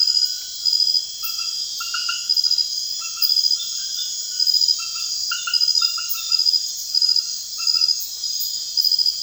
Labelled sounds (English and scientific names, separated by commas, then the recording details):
none
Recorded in secondary vegetation near Puerto Asís, Putumayo, Colombia, on 30 June 2025 at 23:30
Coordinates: 0.498, -76.327
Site GP09